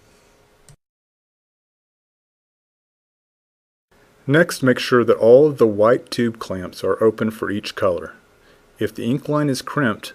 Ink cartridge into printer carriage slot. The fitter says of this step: press each cartridge until it clicks into place